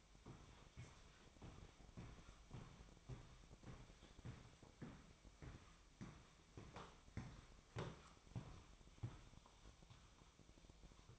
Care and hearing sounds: daily activity, microphone in the room; walk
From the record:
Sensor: 1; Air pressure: 1001.7 hPa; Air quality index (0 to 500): 222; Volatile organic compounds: 30 ppm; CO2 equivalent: 2958 ppm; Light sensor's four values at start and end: 9/33/12/13 and 9/31/11/12

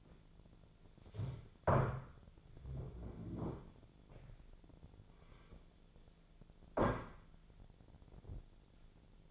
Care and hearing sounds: daily activity, microphone in the room; stand up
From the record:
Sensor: 5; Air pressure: 1008.2 hPa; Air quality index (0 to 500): 154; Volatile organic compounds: 3 ppm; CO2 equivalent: 1485 ppm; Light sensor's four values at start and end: 59/165/64/64 and 59/165/64/64

